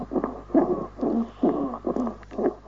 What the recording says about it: Wheezes, which are noises that we get where we've got lower airways being affected. So what we've got is turbulence through narrowed passageway. So this is things like feline asthma, where we literally get squeakiness or wheezes. You can hear that squeakiness, that wheeziness.